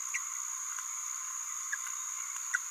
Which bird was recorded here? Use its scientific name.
Forpus passerinus